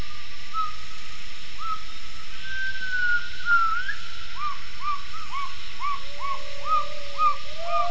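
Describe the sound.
Gibbon calls: clear whooping notes that rise then fall, building into a quick run of repeated hoots, with lower long glides near the end.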